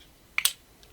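The blade of a small Kizer Walnut slip-joint folding knife, held halfway between thumb and forefinger, swings open on its ball bearings and snaps onto the single detent in the handle. A sharp click at about 0.4 s is followed by a second, louder snap at about 0.5 s and a faint tick near 0.8 s. The blade seats cleanly in the open position.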